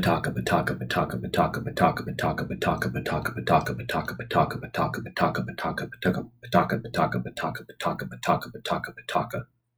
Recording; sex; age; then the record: repeated syllables /pa ta ka/; male; 30 to 39 years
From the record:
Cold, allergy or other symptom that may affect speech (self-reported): no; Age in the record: 33 years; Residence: Missouri, United States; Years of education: 16